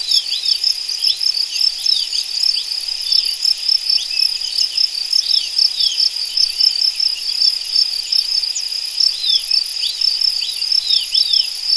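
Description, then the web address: Crickets chirping in a dense chorus, a continuous high pulsing trill of overlapping chirps throughout. "anasyn caracalla thesis Y 06 crickets"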